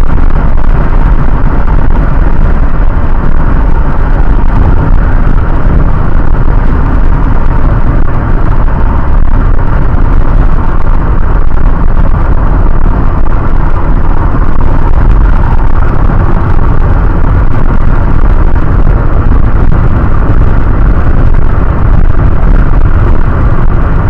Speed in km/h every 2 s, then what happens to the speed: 99, 97, 96, 95, 96, 91, 89, 92, 96, 98, 99, 99.
0-8 steady at about 96. 8-11 slows to 89. 11-17 speeds up to 98. 17-24 steady at about 99.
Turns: none.